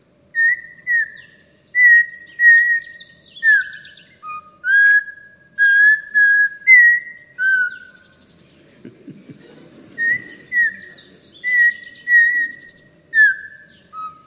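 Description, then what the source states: Audubon's Oriole song: clear whistled notes given in two bouts of several notes, some sliding downward. Occurs in Mexico; said to almost begin singing if you listen closely.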